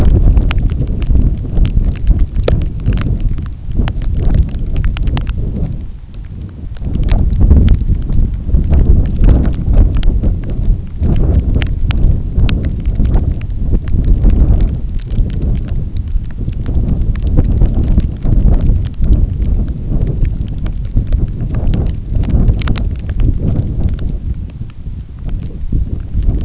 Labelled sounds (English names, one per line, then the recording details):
none
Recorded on Arctic tundra, site NAIT-1, on 27 June 2019
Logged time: 00:00